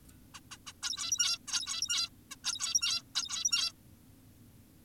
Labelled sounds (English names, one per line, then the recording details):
Zebra Finch
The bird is an adult
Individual g17y2U